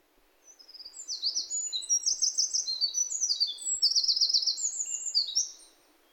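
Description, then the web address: Bird song of rapid, high trilled phrases and thin sweeping notes, building over the first second and running for about five seconds before stopping. "yacho koe"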